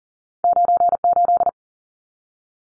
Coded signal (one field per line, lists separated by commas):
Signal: Morse code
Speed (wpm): 40 wpm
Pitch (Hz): 700 Hz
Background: none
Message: 98